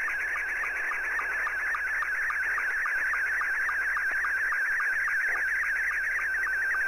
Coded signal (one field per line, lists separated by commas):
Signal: SSTV (slow-scan television)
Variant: Scottie 2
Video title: Sound Card Communications - Slow Scan TV (SSTV)